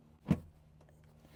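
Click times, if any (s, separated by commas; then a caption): 0.3 s. In a Tesla Cybertruck, the other side of the rear seat is pulled down over the underseat storage box. A single short thunk-like click sounds at 0.3 s as the seat locks down into its lowered position. The seat is latched into place.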